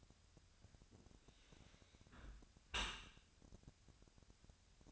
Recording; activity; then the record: daily activity, microphone in the room; close dishwasher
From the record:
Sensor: 2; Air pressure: 1006.6 hPa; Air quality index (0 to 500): 202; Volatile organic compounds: 14 ppm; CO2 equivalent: 2470 ppm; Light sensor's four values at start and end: 9/22/9/9 and 9/22/9/9